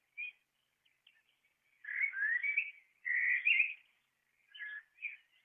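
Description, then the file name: Common blackbird singing mellow, slurred whistled phrases in quick succession, a brief note first, then two fuller warbles and a twittering ending. "merel"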